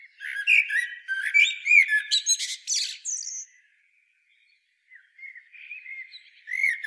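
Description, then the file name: Common blackbird, bursts of squeaky, chattering notes with high thin twitters over the first three seconds, a brief silence, then softer scratchy phrases resuming. "Turdus merula"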